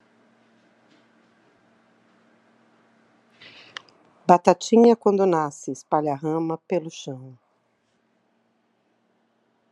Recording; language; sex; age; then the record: short text; Brazilian Portuguese; female; 50 to 59 years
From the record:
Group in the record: control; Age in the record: 54 years